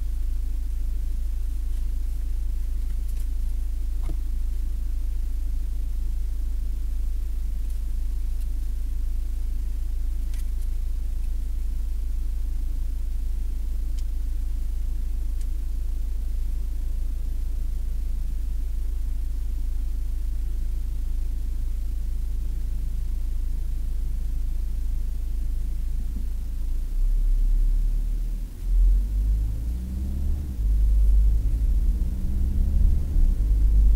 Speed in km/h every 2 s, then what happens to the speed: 0, 0, 0, 0, 0, 0, 0, 0, 0, 0, 0, 0, 0, 0, 2, 17, 28.
0-28 standing. 28-34 pulls away to 28.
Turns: none.